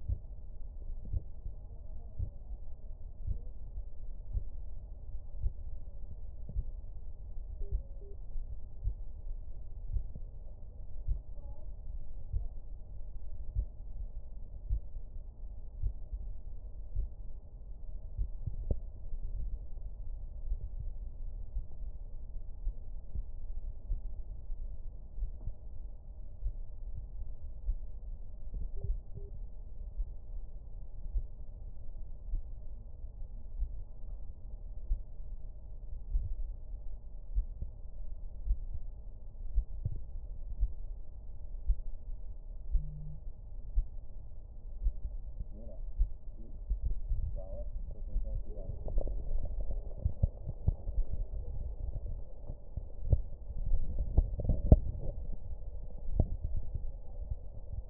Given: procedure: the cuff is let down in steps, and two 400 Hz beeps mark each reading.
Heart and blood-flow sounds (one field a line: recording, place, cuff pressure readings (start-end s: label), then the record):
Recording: Korotkoff sounds by stethoscope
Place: brachial artery, at the lower edge of an arm cuff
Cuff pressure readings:
7.61-8.14 s: 80 mmHg
28.77-29.29 s: 75 mmHg
From the record:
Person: healthy adult, 24 to 32 years, lying on the back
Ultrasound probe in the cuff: middle